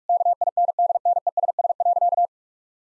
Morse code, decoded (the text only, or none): KINDNESS.